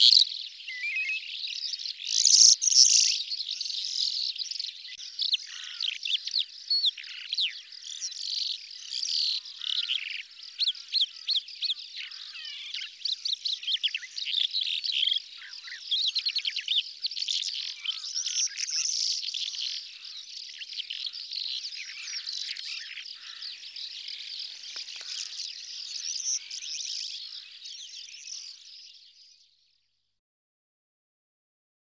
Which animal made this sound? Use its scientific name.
Melanocorypha calandra